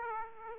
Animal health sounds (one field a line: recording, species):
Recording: mosquito wingbeat signal from an infrared sensor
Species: Aedes aegypti